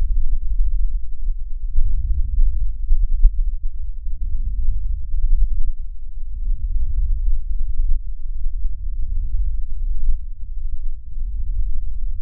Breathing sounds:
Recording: lung sounds by stethoscope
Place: left posterior middle chest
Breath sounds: normal breath sounds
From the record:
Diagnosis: none (healthy)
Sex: male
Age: 30 years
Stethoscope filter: bell mode, 20 to 200 Hz

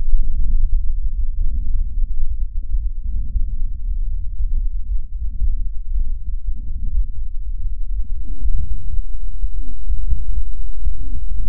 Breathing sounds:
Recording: lung sounds by stethoscope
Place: right posterior upper chest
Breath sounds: expiratory wheeze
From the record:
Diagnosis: asthma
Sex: female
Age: 43 years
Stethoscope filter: bell mode, 20 to 200 Hz

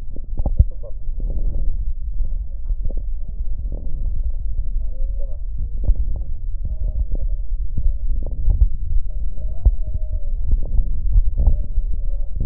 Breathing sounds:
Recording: lung sounds by stethoscope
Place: right posterior upper chest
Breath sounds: crackles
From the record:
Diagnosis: heart failure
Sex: male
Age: 56 years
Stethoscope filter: extended mode, 50 to 500 Hz

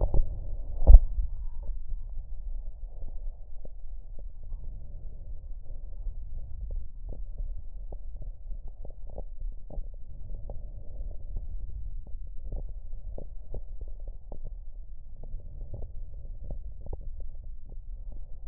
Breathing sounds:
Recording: lung sounds by stethoscope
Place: right posterior lower chest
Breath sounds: normal breath sounds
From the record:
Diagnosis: none (healthy)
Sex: male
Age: 27 years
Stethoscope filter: extended mode, 50 to 500 Hz

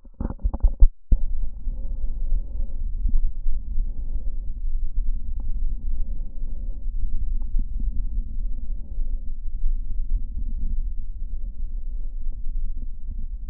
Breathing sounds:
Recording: lung sounds by stethoscope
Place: left posterior upper chest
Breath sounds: normal breath sounds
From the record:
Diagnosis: none (healthy)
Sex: female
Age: 52 years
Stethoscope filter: diaphragm mode, 100 to 500 Hz

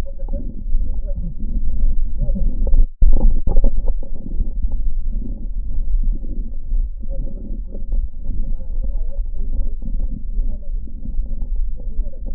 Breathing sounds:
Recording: lung sounds by stethoscope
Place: right anterior middle chest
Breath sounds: crackles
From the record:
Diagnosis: heart failure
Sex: male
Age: 54 years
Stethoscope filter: diaphragm mode, 100 to 500 Hz

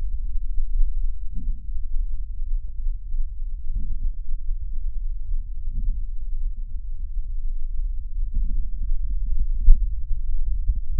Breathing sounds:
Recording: lung sounds by stethoscope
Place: left posterior lower chest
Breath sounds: expiratory wheeze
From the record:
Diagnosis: COPD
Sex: male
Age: 76 years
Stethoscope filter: bell mode, 20 to 200 Hz

